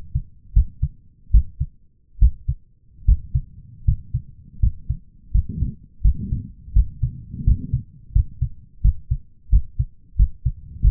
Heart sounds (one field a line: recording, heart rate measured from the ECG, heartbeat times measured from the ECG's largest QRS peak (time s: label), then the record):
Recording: heart sounds by stethoscope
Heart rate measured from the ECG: 82 bpm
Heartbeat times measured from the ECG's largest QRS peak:
0.53 s: heartbeat
1.31 s: heartbeat
2.19 s: heartbeat
3.05 s: heartbeat
3.85 s: heartbeat
4.60 s: heartbeat
5.31 s: heartbeat
6.02 s: heartbeat
6.73 s: heartbeat
7.44 s: heartbeat
8.12 s: heartbeat
8.81 s: heartbeat
9.50 s: heartbeat
10.16 s: heartbeat
10.81 s: heartbeat
From the record:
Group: healthy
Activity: rest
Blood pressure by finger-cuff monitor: 160/111 mmHg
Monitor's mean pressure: 121 mmHg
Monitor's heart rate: 85 bpm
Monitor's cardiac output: 6.9 L/min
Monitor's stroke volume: 81 mL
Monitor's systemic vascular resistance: 1370 dyn s/cm5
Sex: male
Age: 23 years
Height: 179 cm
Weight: 87 kg